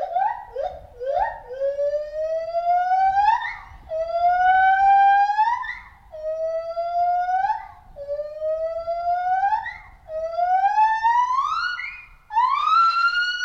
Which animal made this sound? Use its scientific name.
Hylobates lar